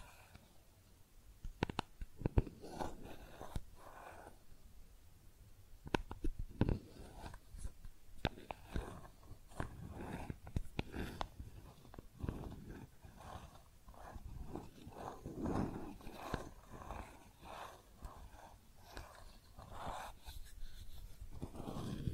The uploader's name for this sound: Makeup Tapping & Scratching Sounds